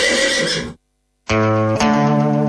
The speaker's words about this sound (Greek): Κάτι άλογο που ακούγαμε νωρίτερα ήταν από μια διαφήμιση